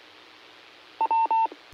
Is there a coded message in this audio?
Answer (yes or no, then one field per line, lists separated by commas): no